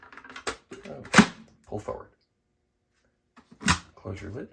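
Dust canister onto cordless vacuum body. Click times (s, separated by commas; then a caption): 0.5 s. A clear plastic dust canister from a Dyson V11 cordless stick vacuum slides back onto its rails and is pushed until it snaps into place. Several small clicks lead up to a sharp snap at 0.5 s that seats it, and someone talks throughout.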